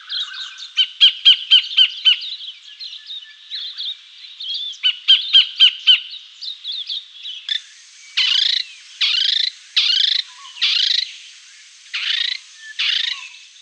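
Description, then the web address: Sacred kingfisher calls: quick bursts of sharp repeated notes, then a slower series of harsh, rasping screeches about once a second, with abrupt changes between sections. "canberra-garden-birds kookaburras-kingfishers-bee-eater-and-dollarbird sacred-kingfisher"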